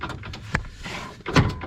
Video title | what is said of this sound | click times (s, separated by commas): Detailed Tutorial - Remove Mower, Install Front Hitch - John Deere 1025R 1023E 1026R | that's how you know it's locked into place also you should have heard a click | 0.6 s